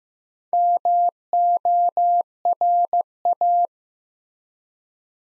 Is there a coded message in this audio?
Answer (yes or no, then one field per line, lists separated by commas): yes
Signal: Morse code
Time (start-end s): 0.5-3.7 s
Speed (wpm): 15 wpm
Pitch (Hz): 700 Hz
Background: none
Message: MORA